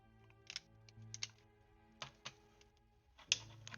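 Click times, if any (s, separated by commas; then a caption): 3.3 s. A plastic end brick on one side of a LEGO model, which was not fully seated and was keeping the parts from fitting, is pressed down onto the brick assembly. Light plastic ticks and handling clicks come before a loud, sharp snap at 3.3 s, over a faint steady background tone. The brick presses fully home and seats.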